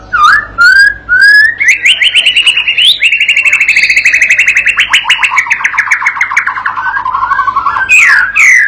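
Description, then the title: White-rumped shama song with short whistled notes at the start, then an extended buzzy, rapidly pulsed trill that gradually drops in pitch, ending with bright sharp notes. Master lure song used to train a young shama (murai batu paud) to sing gacor and prompt it to answer at once. "MURAI BATU PAUD BELAJAR GACOR, AJARI DENGAN MASTERAN PANCINGAN INI, PANCING LANGSUNG NYAUT"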